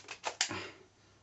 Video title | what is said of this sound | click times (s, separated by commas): Kar 98k Bolt Action Sniper rifle. #Toys #ToyGuns #2020 gel Gun #productreviews #review 08/10/2020. | and that should just release there's a catch just button here that releases the the catch | 0.4 s